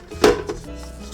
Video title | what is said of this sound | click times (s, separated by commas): How to Make Butter Easy-peasy Using HOWORK Electric Stand Mixer - making butter video #howto #butter | and it looks like it's locked into place. | 0.2 s